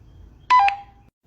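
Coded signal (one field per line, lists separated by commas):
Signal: roger beep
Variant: Baofeng radio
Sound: a quick two-note beep, higher then lower, with a click as transmission ends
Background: radio static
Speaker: maybe it would be useful to hear this a solid Spike at the very end of the transmission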